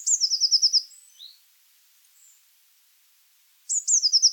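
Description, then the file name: Eurasian blue tit giving a high trill, a few soft notes, then a quiet gap before another trill starts. "Cyanistes caeruleus"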